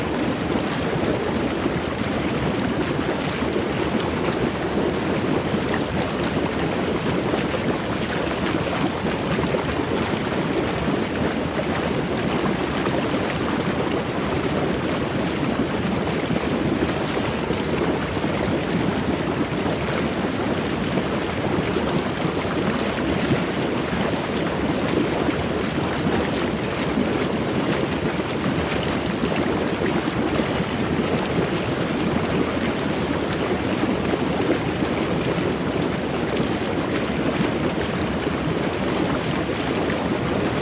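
Hot tub water churns and bubbles in a constant, dense rush that holds the same level for the whole recording. The sound is full, weighted toward a low-middle roar with a fine hiss on top, and no separate events stand out.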